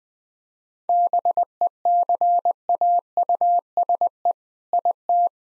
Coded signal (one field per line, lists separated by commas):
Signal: Morse code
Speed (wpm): 20 wpm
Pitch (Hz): 700 Hz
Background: none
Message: BECAUSE IT